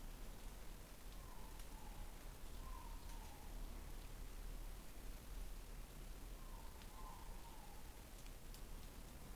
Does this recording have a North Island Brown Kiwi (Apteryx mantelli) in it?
no